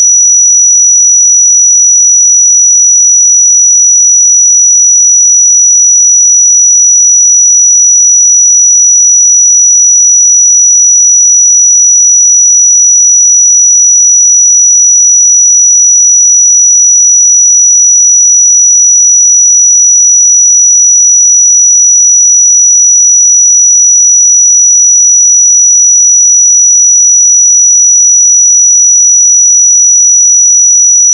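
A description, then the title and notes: A steady, piercing 5872 Hz pure sine tone holds unchanged for the full thirty seconds, thin and bright against complete silence. 5872 Hz 1 Hz Interval Sine Pure Tone Frequency 441000 Sample Mono.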